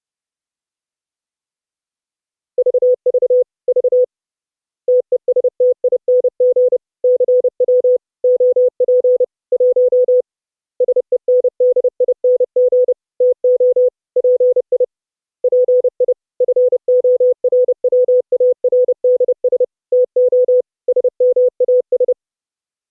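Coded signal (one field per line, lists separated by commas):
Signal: Morse code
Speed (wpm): 30 wpm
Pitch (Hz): 500 Hz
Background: none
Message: VVV TESTING CW OP 1 SENDING TO PI PI FORWARDS TO SMAS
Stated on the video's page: CW audio from multiple operators mixed on a Raspberry Pi hub and streamed over IP as MP3 for a multi-operator net.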